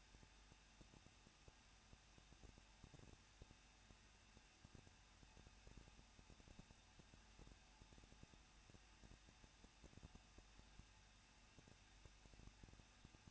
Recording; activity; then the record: daily activity, microphone in the room; no activity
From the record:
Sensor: 2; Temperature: 21.0 degrees Celsius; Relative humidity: 37.3%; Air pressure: 1006.4 hPa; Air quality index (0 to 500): 220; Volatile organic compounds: 23 ppm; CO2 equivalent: 2783 ppm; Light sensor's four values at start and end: 2/3/2/2 and 2/3/2/2